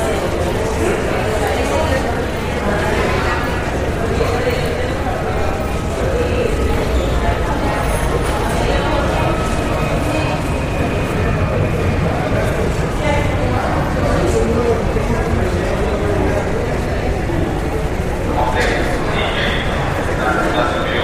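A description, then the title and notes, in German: A busy airport check-in hall fills with a steady murmur of many passengers talking at once, with no single voice standing out. The crowd noise stays even and dense throughout, with faint clicks and footsteps mixed in and a soft, distant hum beneath. Sanfte Klänge aus der Flughafen-Abfertigungshalle. Lausche den sanften Klängen des geschäftigen Treibens, dem gedämpften Gemurmel von Passagieren und dem entfernten Summen der Anzeigetafeln.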